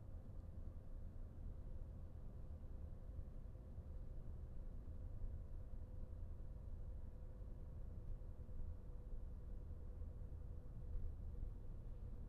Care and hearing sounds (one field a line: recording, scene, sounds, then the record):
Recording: everyday scene through a hearing-aid microphone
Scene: in a vehicle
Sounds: engine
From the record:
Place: VW T5 Caravelle, diesel engine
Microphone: behind the ear, right, front